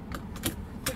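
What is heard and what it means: A new seat belt tongue is pushed into its buckle on a bucket seat newly installed in place of a 3/4 seat in a Toyota Landcruiser 80 series. A few light metallic taps and rattles come at about 0.1, 0.4 and 0.5 s, followed by a sharp, bright click at 0.9 s as the tongue latches into the buckle and seats in place.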